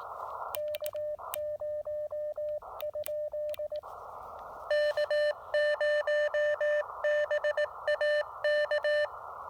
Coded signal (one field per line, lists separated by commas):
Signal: Morse code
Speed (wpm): 19 wpm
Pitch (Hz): 600 Hz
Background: radio noise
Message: K0? K0BAK